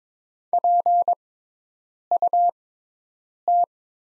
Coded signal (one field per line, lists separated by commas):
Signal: Morse code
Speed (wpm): 21 wpm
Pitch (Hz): 700 Hz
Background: none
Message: PUT